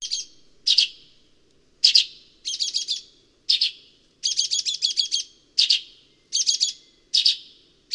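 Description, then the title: Sultan tit giving harsh, buzzy chirps and quick rattled series of high notes, delivered in irregular bursts with brief gaps. "G3latik b4t0. Sultan Tit (Melanochlora sultanea)"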